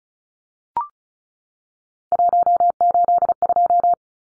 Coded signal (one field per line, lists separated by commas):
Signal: Morse code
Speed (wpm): 34 wpm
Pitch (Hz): 700 Hz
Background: none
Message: 182